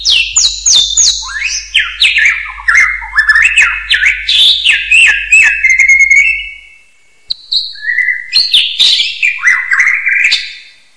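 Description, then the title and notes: Bird song with loud, varied whistled notes, many sharply descending slurs in quick repeated phrases, pausing briefly before a fresh burst of rising and falling whistles. "Bird Sound. Kicau Burung Lengkap"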